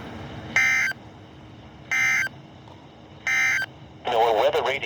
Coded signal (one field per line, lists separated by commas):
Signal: Emergency Alert System (SAME) tones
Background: speech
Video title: WZ2523, WWG26, KZZ48 And KIH44 Tests!!! (EAS#53-57)